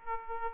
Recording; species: mosquito wingbeat signal from an infrared sensor; Aedes aegypti